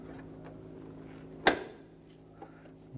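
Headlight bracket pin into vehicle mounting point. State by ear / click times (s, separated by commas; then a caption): seated / 1.5 s. A headlight assembly bracket on a 2007–2013 Mitsubishi Outlander is pressed onto its mounting pin at the top of the vehicle's mounting point. A single sharp, bright click sounds at 1.5 s over a low steady hum, followed by a faint tap near 2.4 s. The pin clicks into place and the bracket is seated.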